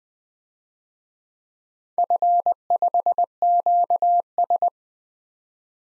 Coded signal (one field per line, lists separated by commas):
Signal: Morse code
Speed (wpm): 20 wpm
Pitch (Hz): 700 Hz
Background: none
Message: F5QS